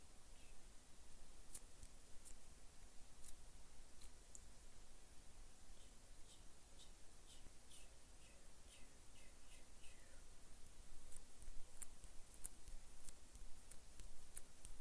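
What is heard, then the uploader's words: Quiet mouth sounds and hand movements over a steady soft hiss. Small wet clicks and pops come in irregular bursts, clustered around the middle with a run of quick taps, then sharper crisp clicks toward the end. ASMR PLUCKING NEGATIVE ENERGY WITH OBJECTS, ASMR CLEANING ENERGY, ASMR HAND MOVEMENTS MOUTH SOUNDS.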